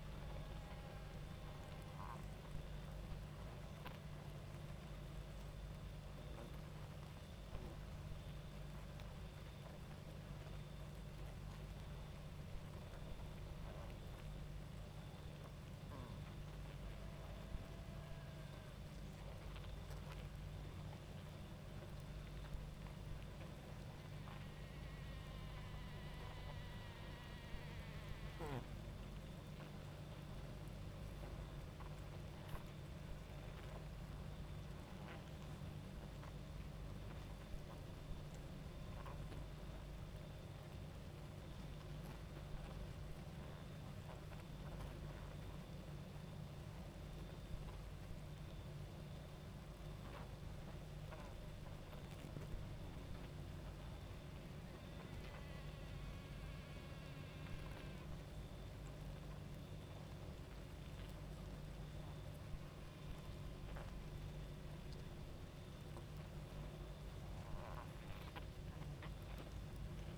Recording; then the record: honeybee colony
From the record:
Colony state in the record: active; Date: 28 July 2017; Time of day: 22:46